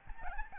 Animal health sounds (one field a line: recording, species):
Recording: mosquito wingbeat signal from an infrared sensor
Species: Aedes albopictus